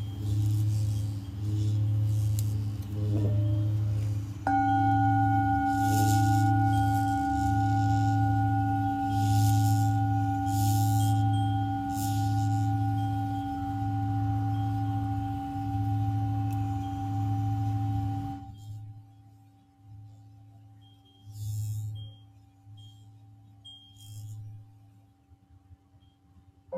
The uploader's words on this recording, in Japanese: 夜のシンギングボウルのサウンドヒーリング。チベタンシンギングボウルのサウンドヒーリングデス。